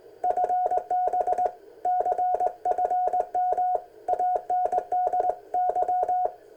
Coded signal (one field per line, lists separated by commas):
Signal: Morse code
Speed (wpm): 19 wpm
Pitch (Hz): 720 Hz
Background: none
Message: FB CFM ANDY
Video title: Ten Tec Kit 40m Band